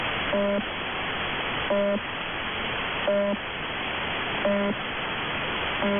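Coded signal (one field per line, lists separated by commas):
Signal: channel marker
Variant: UVB-76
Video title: 4625 kHz, Russian 'Buzzer', UVB-76, has new sound. It sounds cheap.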